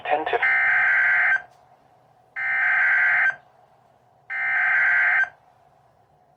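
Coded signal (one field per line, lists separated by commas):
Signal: Emergency Alert System (SAME) tones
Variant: header bursts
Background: speech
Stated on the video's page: Alerts from the remnants of Hurricane Beryl.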